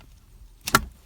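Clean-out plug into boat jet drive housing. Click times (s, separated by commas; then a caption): 0.7 s, 0.8 s. A jet drive clean-out plug is pushed back down into a boat's jet drive housing by pressing on its T-handle with a homemade tool until it latches. After low background rumble, two sharp broadband clicks sound at 0.7 s and 0.8 s, the second louder. The plug is fully seated back in place.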